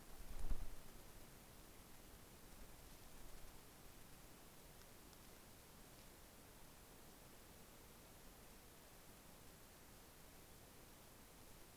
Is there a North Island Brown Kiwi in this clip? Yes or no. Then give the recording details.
no. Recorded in New Zealand on 11 December 2011. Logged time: 00:43. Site DD66